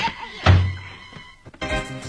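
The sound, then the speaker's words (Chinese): A door is shut with a single heavy thunk, a sharp low impact that fades quickly, followed by some brief rustling and clattering afterward. “把门关上。”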